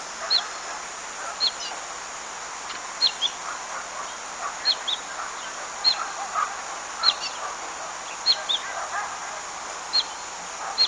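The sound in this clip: Bird calls, short high sharp notes repeated at irregular intervals over a steady hiss, with fainter chirps in between.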